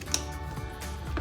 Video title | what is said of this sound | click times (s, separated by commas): 2016-2023 Tacoma Switchback Sequential LED Bar Projector Headlights Review & Install | Diese sollten sich einfach einrasten lassen . | 0.1 s